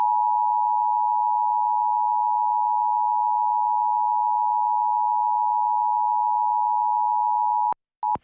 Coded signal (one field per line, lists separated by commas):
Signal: Emergency Alert System (SAME) tones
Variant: 853 and 960 Hz attention tone